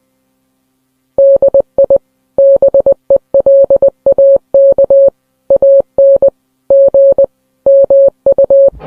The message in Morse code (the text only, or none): DI BELAKANG MU